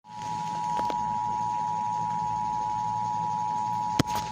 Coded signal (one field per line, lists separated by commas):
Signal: Emergency Alert System (SAME) tones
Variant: 853 and 960 Hz attention tone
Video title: EAS: Shelter in Place Warning (cancellation message) (7/6/20)(EAS #394)